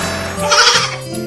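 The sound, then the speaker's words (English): A baby goat lets out a single wavering, high-pitched bleat, loud and slightly nasal, lasting just over a second with a trembling quaver through the middle. “The baby goat naughty.”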